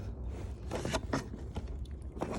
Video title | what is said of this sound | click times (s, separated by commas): Dodge Challenger RT/SXT Lower LIP Install #ScatPack #SRT👍‼️🏁 | you'll hear it snap you know snap on | 1.1 s, 2.2 s